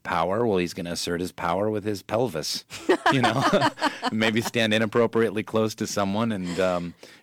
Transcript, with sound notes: Well, he's going to assert his power with his pelvis...
(Laughter).
...You know, and maybe stand inappropriately close to someone.